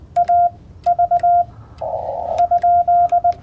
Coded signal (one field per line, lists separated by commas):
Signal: Morse code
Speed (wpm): 20 wpm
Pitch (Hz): 700 Hz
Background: none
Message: A V ?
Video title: CW POTA Activation w FT-891